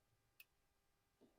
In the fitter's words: and you'll hear it click